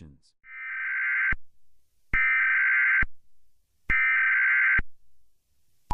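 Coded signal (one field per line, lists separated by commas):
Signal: Emergency Alert System (SAME) tones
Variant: header bursts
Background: speech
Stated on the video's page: Fictional EAS scenario about a Yellowstone supervolcano eruption; simulated alert, not a real broadcast.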